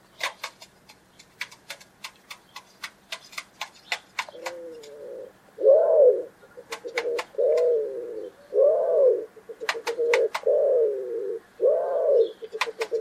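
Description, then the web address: Bird cooing: a run of sharp clicks and taps, then low, mellow coos repeated in a series alongside continued clicking. "cianscape. Deverinetal. Bird Only"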